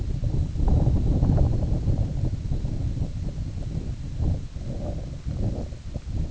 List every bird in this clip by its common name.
none